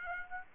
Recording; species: mosquito wingbeat signal from an infrared sensor; Aedes aegypti